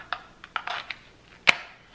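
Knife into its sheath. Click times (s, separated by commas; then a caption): 1.5 s. A knife blade is pushed back into its finished sheath, with a few lighter scraping taps as it slides in. It snaps home with a sharp click at 1.5 seconds, seated and retained.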